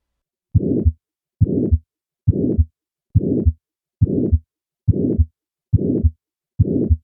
Systolic ejection murmurs produced by high cardiac output states are functional murmurs, but they are not categorized as innocent because of their associated abnormal physiologic states. These murmurs always end well before the second heart sound, and they are best interpreted by considering the patient's overall clinical condition. Listen to a functional systolic murmur at the second right intercostal space.